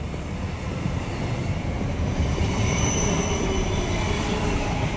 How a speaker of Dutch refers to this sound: We zijn dus net vertrokken uit Amsterdam, net als Jacques Wijsman. De trein rijdt ongeveer nog dezelfde route.